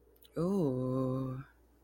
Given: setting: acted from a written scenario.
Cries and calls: vocal sound without words; ecstasy

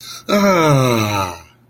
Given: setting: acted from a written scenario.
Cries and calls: vocal sound without words; contentment

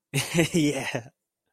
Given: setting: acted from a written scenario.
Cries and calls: vocal sound without words; triumph

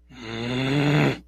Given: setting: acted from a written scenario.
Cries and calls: vocal sound without words; anger

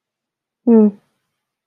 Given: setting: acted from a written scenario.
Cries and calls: vocal sound without words; neutral

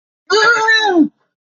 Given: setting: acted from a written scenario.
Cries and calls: vocal sound without words; fear

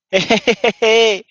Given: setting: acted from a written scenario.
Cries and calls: vocal sound without words; amusement

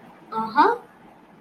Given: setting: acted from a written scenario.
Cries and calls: vocal sound without words; neutral

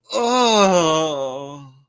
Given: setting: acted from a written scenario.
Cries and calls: vocal sound without words; ecstasy

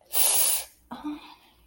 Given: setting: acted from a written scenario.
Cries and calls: vocal sound without words; desire

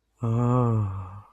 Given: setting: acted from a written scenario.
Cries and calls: vocal sound without words; romantic love

